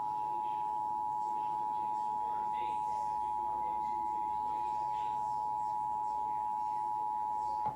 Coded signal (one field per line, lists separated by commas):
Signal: Emergency Alert System (SAME) tones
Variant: 853 and 960 Hz attention tone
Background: speech